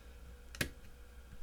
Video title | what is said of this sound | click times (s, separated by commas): I dropped my camera :( -- How to fix sony kit lens | pop the little flap over which locks into place | 0.5 s, 0.6 s